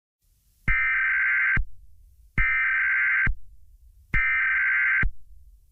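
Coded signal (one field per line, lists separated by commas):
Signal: Emergency Alert System (SAME) tones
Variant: header bursts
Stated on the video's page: Self-made fictional EAS scenario about a virus.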